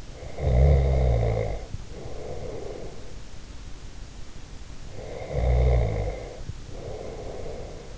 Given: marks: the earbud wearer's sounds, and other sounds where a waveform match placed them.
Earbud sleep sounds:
sounds in sleep by an in-ear microphone; snoring breath
0.19-3.18 s: snoring breath
4.93-7.98 s: snoring breath

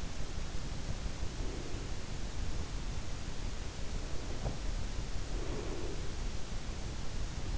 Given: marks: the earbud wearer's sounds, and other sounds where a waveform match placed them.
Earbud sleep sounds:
sounds in sleep by an in-ear microphone; breath
1.26-2.43 s: breath
4.33-6.27 s: breath

